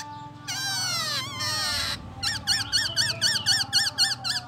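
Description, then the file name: Black-throated laughingthrush calls: a long harsh note falling in pitch, then a fast series of looping whistled notes, about four a second. "Pterorhinus chinensis"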